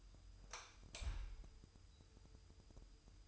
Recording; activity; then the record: daily activity, microphone in the room; light off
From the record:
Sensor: 2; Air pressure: 988.3 hPa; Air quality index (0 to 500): 190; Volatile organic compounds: 182 ppm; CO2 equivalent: 4152 ppm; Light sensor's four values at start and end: 11/34/13/13 and 6/16/6/7